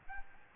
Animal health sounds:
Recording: mosquito wingbeat signal from an infrared sensor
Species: Aedes albopictus

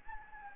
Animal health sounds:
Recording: mosquito wingbeat signal from an infrared sensor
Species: Anopheles gambiae

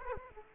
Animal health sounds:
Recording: mosquito wingbeat signal from an infrared sensor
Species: Aedes aegypti

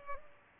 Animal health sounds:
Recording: mosquito wingbeat signal from an infrared sensor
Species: Culex pipiens

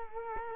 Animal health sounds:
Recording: mosquito wingbeat signal from an infrared sensor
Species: Culex quinquefasciatus

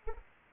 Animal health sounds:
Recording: mosquito wingbeat signal from an infrared sensor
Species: Anopheles arabiensis

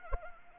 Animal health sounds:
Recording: mosquito wingbeat signal from an infrared sensor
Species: Anopheles arabiensis

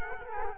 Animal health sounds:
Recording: mosquito wingbeat signal from an infrared sensor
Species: Culex quinquefasciatus

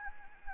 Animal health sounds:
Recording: mosquito wingbeat signal from an infrared sensor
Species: Anopheles gambiae

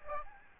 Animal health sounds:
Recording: mosquito wingbeat signal from an infrared sensor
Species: Aedes albopictus

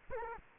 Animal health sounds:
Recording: mosquito wingbeat signal from an infrared sensor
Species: Culex quinquefasciatus

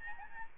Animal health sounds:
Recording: mosquito wingbeat signal from an infrared sensor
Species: Aedes albopictus

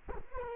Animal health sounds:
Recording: mosquito wingbeat signal from an infrared sensor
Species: Culex quinquefasciatus

